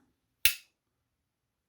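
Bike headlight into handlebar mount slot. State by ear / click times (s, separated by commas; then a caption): seated / 0.4 s. A bike headlight is slid into the slot of a Planet Bike Quick Cam handlebar mount until it latches, giving a single sharp, bright click at 0.5 s that fades within about two tenths of a second, with silence before and after. The click shows the headlight is seated and securely fastened in the mount.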